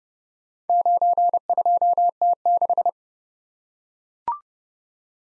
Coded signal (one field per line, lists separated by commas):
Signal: Morse code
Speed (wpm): 30 wpm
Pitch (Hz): 700 Hz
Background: none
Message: 92T6